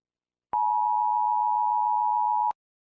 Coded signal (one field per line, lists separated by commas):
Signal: Emergency Alert System (SAME) tones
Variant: 853 and 960 Hz attention tone